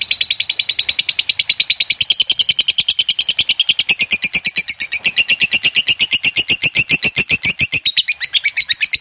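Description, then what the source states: Lovebird delivering a continuous chattering song, rapid rasping notes pulsing strongly and sustained throughout. Lovebird of fighter type, giving a long ngekek, the drawn-out chattering song.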